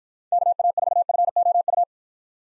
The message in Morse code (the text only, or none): KA4FOU